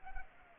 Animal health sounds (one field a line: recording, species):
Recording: mosquito wingbeat signal from an infrared sensor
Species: Culex pipiens